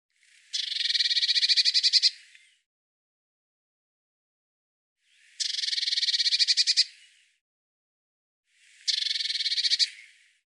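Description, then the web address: Eurasian blue tit churring calls: three buzzy, rapidly pulsed rattles, each about a second and a half long, separated by silent gaps. "Deverinetal"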